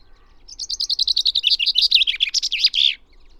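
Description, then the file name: Common chaffinch song: one phrase of quick notes tumbling downward in pitch and finishing with a sharp terminal flourish. "Fringilla coelebs"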